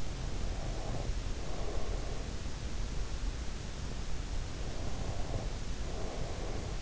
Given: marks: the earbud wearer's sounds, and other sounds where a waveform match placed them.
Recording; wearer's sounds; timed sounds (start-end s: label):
sounds in sleep by an in-ear microphone; breath
0.01-2.60 s: breath
4.47-6.82 s: breath